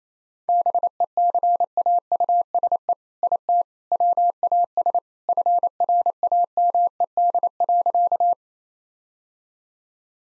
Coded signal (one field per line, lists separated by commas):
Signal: Morse code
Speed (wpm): 28 wpm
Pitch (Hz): 700 Hz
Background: none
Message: BECAUSE IT WAS FRAMED.